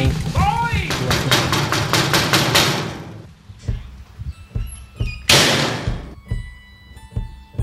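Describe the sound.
A rapid run of sharp knocks raps on a door, about ten quick blows in a steady rhythm, then stops and gives way to scattered voices and rustling.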